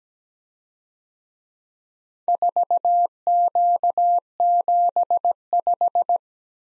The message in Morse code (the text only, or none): 4Q75